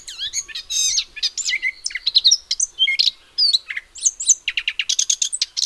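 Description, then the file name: Eurasian blackcap warbling song, a fast run of varied scratchy chatter mixed with clear fluty notes and downslurred whistles, continuous for nearly six seconds. "Sylvia atricapilla"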